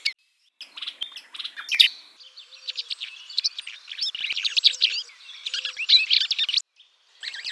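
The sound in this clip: Bird song, a dense, continuous stream of high, varied chirps, clicks and rapid warbled notes, with brief pauses near the start and end.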